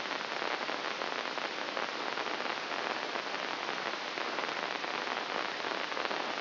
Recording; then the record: brain microelectrode recording played as sound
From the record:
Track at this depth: inside the subthalamic nucleus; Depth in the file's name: 2.205 mm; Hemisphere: right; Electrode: 3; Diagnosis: Parkinson's disease